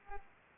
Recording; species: mosquito wingbeat signal from an infrared sensor; Culex pipiens